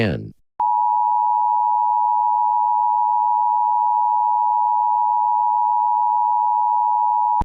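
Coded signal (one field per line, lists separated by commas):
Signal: Emergency Alert System (SAME) tones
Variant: 853 and 960 Hz attention tone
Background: speech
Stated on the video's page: Simulated, viewer-requested fictional EAS scenario.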